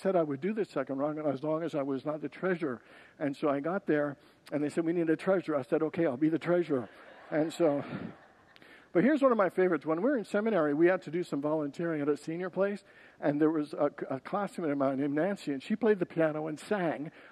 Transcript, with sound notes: I said I would do this second run as long as I was not the treasurer. And so, I got there, and they said, “We need a treasurer.” I said, “Okay; I’ll be the treasurer.” [Congregants laugh] But here’s one of my favorites. When we were in seminary, we had to do some volunteering at a senior place. And there was a classmate of mine named Nancy, and she played the piano and sang.